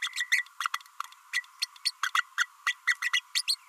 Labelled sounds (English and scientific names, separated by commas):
Green-rumped Parrotlet (Forpus passerinus) babbling